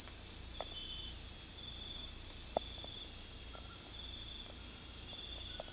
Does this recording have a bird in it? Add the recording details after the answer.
no. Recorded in secondary vegetation near Puerto Asís, Putumayo, Colombia, on 16 December 2024 at 22:00. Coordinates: 0.481, -76.318. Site G042